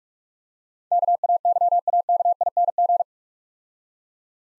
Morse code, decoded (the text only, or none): KAYAKING